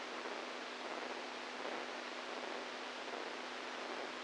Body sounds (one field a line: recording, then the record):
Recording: brain microelectrode recording played as sound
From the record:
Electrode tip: inside the subthalamic nucleus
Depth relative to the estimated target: 1 mm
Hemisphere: right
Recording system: NeuroSet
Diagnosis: Parkinson's disease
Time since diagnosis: 10 years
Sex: male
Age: 65 years